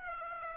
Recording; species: mosquito wingbeat signal from an infrared sensor; Aedes aegypti